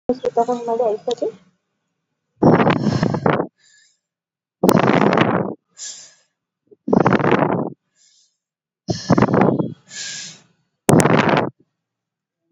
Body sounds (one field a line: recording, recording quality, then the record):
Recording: deep breathing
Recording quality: excellent, no background noise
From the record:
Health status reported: COVID-19 positive, no symptoms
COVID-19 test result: positive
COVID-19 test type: RT-PCR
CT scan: not taken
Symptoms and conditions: none ticked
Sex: female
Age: 22 years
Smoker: no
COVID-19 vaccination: none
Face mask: not worn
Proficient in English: yes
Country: India